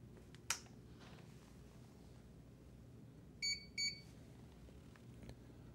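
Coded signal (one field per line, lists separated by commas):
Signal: beep code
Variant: Invacare wheelchair display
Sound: two short high beeps in quick succession after a click, in a quiet room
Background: room hum, clicks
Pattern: 2 short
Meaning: A driving mode is active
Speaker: for example to indicate when a driving mode is active two short beeps will sound like this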